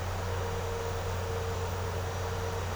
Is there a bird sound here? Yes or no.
no